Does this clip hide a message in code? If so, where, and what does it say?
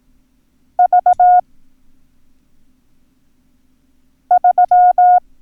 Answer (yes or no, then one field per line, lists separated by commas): yes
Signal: Morse code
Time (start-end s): 0.8-5.2 s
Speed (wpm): 18 wpm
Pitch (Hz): 720 Hz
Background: none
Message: V 3